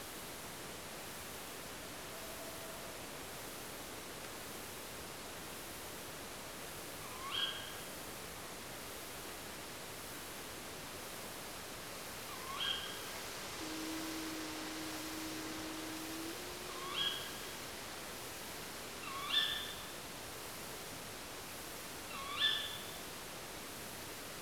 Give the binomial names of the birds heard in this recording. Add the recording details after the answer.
Strix aluco. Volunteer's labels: Autre anthropophonie pompe. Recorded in France